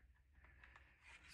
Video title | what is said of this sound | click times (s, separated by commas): SUPER NICE FOOTAGE ON DJI DRONE MINI SE UNBOXING AND FULL REVIEW! ITS FINALLY HERE! | we can slide the battery back in it kind of locks into place | 0.6 s, 0.8 s